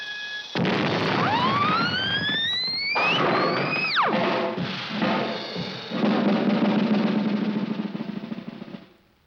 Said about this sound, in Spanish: ¡Por todos los cielos! ¡Qué explosión!